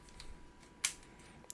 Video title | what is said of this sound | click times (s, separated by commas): ROKR Submachine Gun Day 13 - Just Rest Your Eyes (JRYE#442) | All right, it's clicking. It's loading rubber bands. I'm happy about that. | 0.9 s, 1.5 s